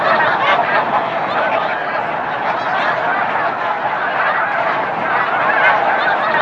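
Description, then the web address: Goose: geese honking continuously as a dense, overlapping flock chorus of nasal calls, with no pauses or quiet gaps. Geese at an estuary. "Zero-G Ambient 1 ESTUARY GEESE"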